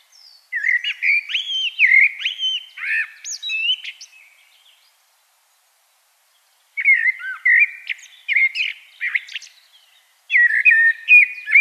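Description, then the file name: Common blackbird singing three rich fluty warbled phrases mixed with scratchy high twitters, the last one cut short. "Turdus merula"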